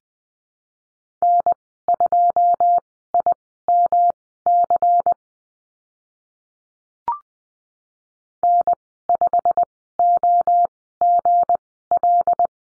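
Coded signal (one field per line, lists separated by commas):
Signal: Morse code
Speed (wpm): 20 wpm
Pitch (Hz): 700 Hz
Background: none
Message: N2IMC N5OGL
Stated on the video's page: Morse code course lesson on the number 7 and call signs, with Farnsworth speed of 20/10 wpm.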